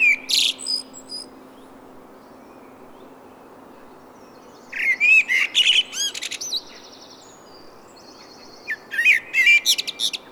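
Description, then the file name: Common blackbird singing: short phrases of mellow warbled notes, each closing in a burst of high, scratchy twittering. "Turdus merula"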